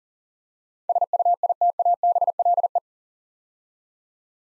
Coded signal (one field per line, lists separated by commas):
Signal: Morse code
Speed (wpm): 40 wpm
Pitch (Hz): 700 Hz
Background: none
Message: SUITABLE